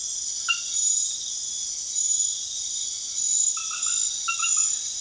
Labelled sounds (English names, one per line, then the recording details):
none
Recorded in pastures near Puerto Asís, Putumayo, Colombia, on 28 February 2025 at 00:30
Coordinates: 0.502, -76.324
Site GP07